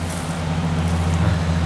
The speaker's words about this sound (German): Hey, von rechts kommt ein Auto.